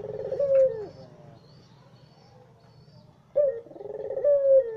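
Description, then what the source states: Barbary dove giving a low purring coo, then a sharp-onset second coo after a quiet gap of about two seconds. White Barbary dove; training (masteran) recording used to tutor songbirds.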